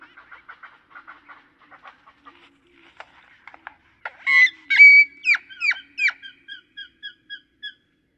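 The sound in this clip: Great-tailed grackle calls: soft clicking ticks that build into loud, harsh harmonic notes, then a fading series of short chirps.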